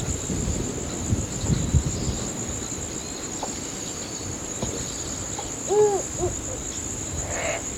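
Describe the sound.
Cape eagle-owl giving a couple of brief, low, hollow hooting notes late, over a steady high insect whine and soft background rustle.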